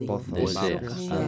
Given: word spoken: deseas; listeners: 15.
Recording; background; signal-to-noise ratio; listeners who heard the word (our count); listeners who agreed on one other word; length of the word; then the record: one Spanish word in noise, from a listening test; four-talker babble; -1.7 dB; 5 of 15; 6 of 15; 0.88 s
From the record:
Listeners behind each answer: 6, 5, 3, 1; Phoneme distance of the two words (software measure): 54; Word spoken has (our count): 3 syllables, 6 phonemes, stress on syllable 2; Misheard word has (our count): 2 syllables, 4 phonemes, stress on syllable 1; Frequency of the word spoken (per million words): 2.97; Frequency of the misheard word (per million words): 17.39